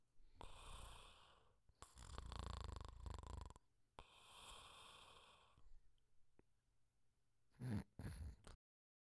Snoring.